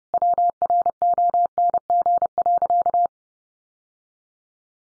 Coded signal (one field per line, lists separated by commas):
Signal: Morse code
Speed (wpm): 30 wpm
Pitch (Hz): 700 Hz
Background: none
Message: WRONG.